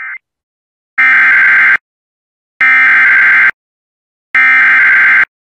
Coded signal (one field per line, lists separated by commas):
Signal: Emergency Alert System (SAME) tones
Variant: header bursts